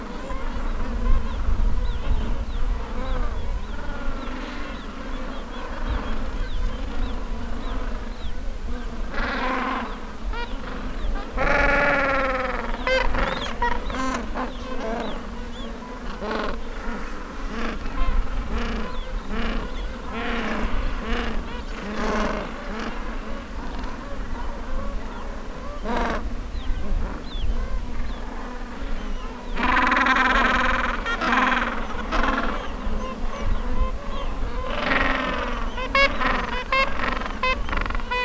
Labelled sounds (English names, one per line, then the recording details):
Gentoo Penguin
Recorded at the colony at Sea Lion Island, on 19 December 2014
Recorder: Song Meter SM2+